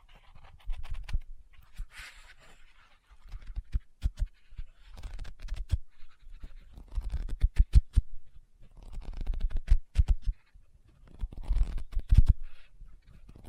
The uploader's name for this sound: Book Tapping, Scratching, Page Turning